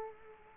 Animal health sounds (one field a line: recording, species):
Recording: mosquito wingbeat signal from an infrared sensor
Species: Culex quinquefasciatus